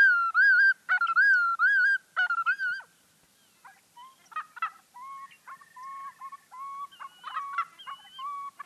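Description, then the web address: Willet calls: several loud ringing, rolling notes at the start, followed by quieter, lower repeated notes. Recorded at Emiquon, Illinois. "emiquon virtual tour. willet"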